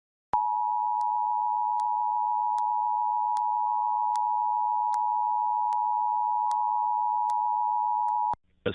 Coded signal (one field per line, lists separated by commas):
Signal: Emergency Alert System (SAME) tones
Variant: 853 and 960 Hz attention tone